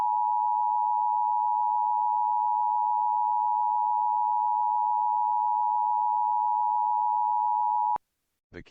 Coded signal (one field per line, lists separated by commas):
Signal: Emergency Alert System (SAME) tones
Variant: 853 and 960 Hz attention tone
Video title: EAS Child Abduction Emergency (AMBER Alert) Kansas City, Missouri Armed Suspect Took Child by Force